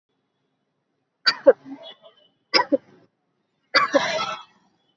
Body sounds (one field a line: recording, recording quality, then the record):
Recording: shallow voluntary cough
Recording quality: excellent, no background noise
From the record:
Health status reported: healthy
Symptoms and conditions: none ticked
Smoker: not ticked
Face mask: worn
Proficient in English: yes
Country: India